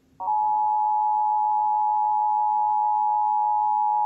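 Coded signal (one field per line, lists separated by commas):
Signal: Emergency Alert System (SAME) tones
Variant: 853 and 960 Hz attention tone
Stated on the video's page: Live Required Monthly Test relayed via EMNet on TV station WUPA, interrupting a program, recorded off air on a phone.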